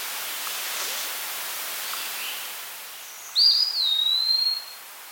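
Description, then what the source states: Eastern Wood-Pewee singing a single plaintive whistled phrase that swoops up, falls, then holds a thin level tone, with faint ambient noise. Recorded at Carden Alvar in August 2026.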